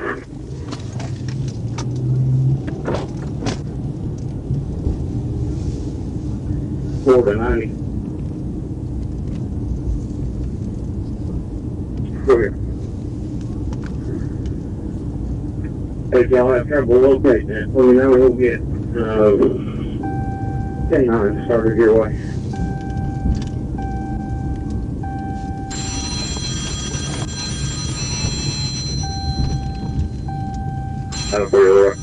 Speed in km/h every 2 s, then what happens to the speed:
24, 32, 37, 39, 39, 39, 39, 39, 40, 44, 44, 37, 26, 19, 19, 15.
0-4 speeds up to 37. 4-20 steady at about 39. 20-25 brakes to 19.